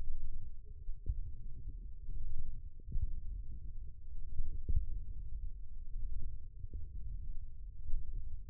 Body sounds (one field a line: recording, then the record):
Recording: forearm muscle sounds (acoustic myography)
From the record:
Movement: wrist extension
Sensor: system 1, eight BSWA MPA416 microphones around the upper forearm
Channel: 3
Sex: male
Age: 20 years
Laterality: left